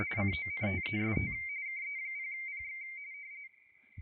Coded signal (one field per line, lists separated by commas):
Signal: RTTY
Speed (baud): 45.45 baud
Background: speech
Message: CONTEST KE0PX